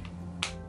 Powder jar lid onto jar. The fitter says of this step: you hear that click like this is not gonna come off like this is top-notch